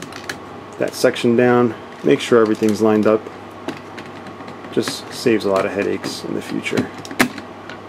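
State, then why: Seated. Someone talks while bringing a panel section of a die-cast and plastic Space Emperor GodSigma GX-60 Soul of Chogokin robot toy down onto the toy's body and lining it up. A sharp snap at 7.2 s marks the section seating into place.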